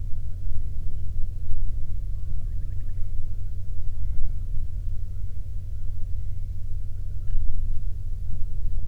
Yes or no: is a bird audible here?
yes